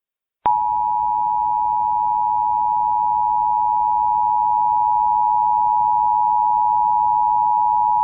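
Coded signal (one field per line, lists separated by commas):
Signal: Emergency Alert System (SAME) tones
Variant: 853 and 960 Hz attention tone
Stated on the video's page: Fictional EAS scenario.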